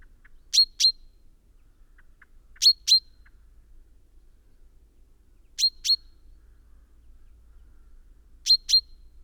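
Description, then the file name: Common chaffinch calling in short doubled notes, each pair sharp and high, repeated roughly every two to three seconds against a still background. "Fringilla coelebs"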